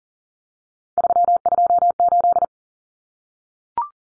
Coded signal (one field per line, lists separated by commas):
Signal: Morse code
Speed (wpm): 40 wpm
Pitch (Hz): 700 Hz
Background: none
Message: 328